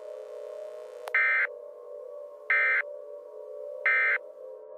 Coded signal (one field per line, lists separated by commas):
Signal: Emergency Alert System (SAME) tones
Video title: LEVELED: [EAS TORNADO SCENARIO]